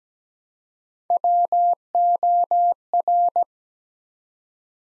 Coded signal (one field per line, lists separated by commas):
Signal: Morse code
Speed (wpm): 17 wpm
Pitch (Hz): 700 Hz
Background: none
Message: WOR